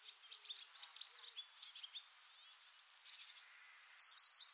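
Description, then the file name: Eurasian wren song: faint twittering through most, then a loud rapid high trill bursts in during the final second. "Troglodytes troglodytes"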